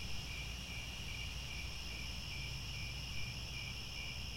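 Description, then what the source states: Cricket chirping as an even, high, shimmering drone of overlapping trills, never stopping, above a soft low-pitched rumble. Chorus of crickets at twilight, as the sun sets and stars appear.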